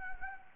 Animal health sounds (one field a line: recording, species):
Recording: mosquito wingbeat signal from an infrared sensor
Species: Anopheles gambiae